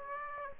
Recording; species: mosquito wingbeat signal from an infrared sensor; Aedes aegypti